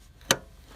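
A 3-prong orange high voltage cable connector is pushed into its socket on a Prius hybrid inverter after an earlier try that did not click. A single sharp, loud click sounds at 0.3 s against a quiet background. The connector is seated.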